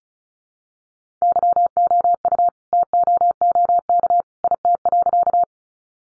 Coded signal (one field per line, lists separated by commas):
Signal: Morse code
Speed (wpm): 34 wpm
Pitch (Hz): 700 Hz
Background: none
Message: YOU TOOK IT.